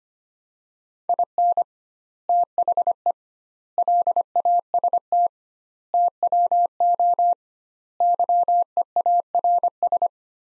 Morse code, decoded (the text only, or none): IN THE LAST TWO YEARS